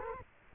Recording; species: mosquito wingbeat signal from an infrared sensor; Culex quinquefasciatus